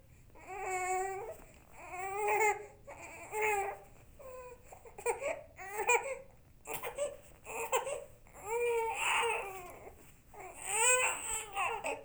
Baby Cry.